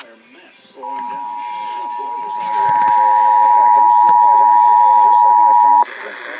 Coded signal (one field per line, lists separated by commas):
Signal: Emergency Alert System (SAME) tones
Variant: 853 and 960 Hz attention tone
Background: speech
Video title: EAS 816-817 KDKA RWT